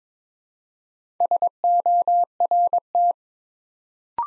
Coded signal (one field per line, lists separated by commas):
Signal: Morse code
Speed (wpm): 22 wpm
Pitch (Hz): 700 Hz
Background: none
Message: SORT